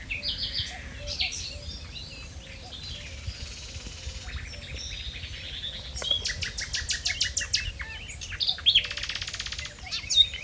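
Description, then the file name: Common nightingale song: varied phrases, then loud, rapid staccato trills and buzzy repeated notes toward the end. "Luscinia megarhynchos"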